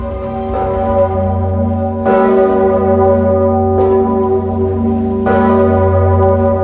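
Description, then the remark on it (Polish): The huge, deep Sigismund Bell (Zygmunt) in Kraków swings and tolls, pulled on ropes by Wawel bell-ringers at noon to announce the death of Pope Francis. It strikes four times at a slow, steady pace, each loud clang blooming into a rich, humming resonance that never fully fades between strokes. “10 minut bił w Krakowie słynny dzwon Zygmunta.”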